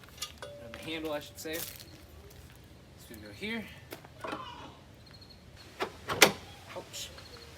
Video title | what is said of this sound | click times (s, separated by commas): GENERAC 17,500 watt Generator - Unboxing, Assembly, and Start Up | All right, that snapped right in there. | 6.2 s